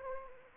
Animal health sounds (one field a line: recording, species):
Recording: mosquito wingbeat signal from an infrared sensor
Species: Anopheles arabiensis